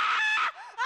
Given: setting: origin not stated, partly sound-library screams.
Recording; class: one-second piece from a danger detection set; woman in danger